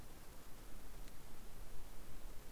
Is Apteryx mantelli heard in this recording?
no